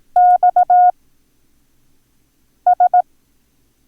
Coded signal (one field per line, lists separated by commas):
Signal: Morse code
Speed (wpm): 18 wpm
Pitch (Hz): 720 Hz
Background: none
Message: XS